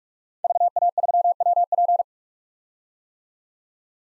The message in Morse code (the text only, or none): VA3WP